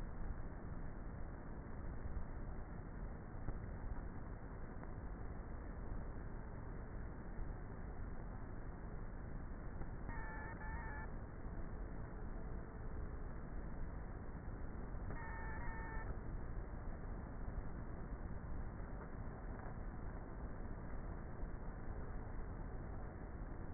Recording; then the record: honeybee colony, microphone inside the hive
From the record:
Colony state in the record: queenless with a low population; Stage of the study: before two queens were removed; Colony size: about 30,000 bees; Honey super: no